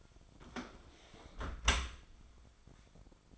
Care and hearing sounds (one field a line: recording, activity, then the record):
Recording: daily activity, microphone in the room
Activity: close dishwasher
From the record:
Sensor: 5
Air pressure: 1003.2 hPa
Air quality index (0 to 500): 130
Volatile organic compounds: 1 ppm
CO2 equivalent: 956 ppm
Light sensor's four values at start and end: 96/231/98/111 and 94/227/96/110